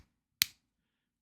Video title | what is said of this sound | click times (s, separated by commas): Atlas Stationers Unboxing: I get confused by glue, figure out a Tuzu, plus more pens and inks! | pretty satisfying little little click there it's not an amazing click but it's pretty good | 0.4 s